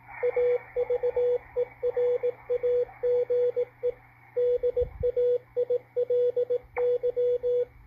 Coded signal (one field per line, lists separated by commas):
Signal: Morse code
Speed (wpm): 18 wpm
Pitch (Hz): 490 Hz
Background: radio noise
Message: AVERAGE DAILY